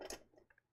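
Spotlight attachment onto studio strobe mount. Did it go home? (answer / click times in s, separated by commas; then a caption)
no / none. A spotlight attachment is handled against the bayonet mount of a studio strobe, with a sharp broadband tap near 0.1 s and small light ticks around 0.5 and 0.6 s. Nothing has seated or clicked yet; the attachment is not yet home.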